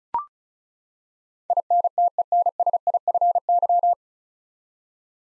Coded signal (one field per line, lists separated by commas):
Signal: Morse code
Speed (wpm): 34 wpm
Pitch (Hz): 700 Hz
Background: none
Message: INTENSIFY